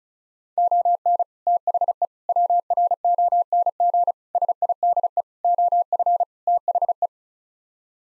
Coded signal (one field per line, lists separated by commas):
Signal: Morse code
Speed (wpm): 34 wpm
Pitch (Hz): 700 Hz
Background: none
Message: ON THE WRONG SIDE OF THE